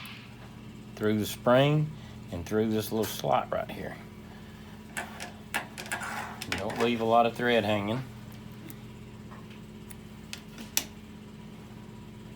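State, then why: Seated. Someone talks while handling a threaded metal bobbin case, with a few small clicks and taps between the words. The case is then pushed into the rotary hook of an industrial zig-zag sewing machine and seats with a sharp click at 10.8 s.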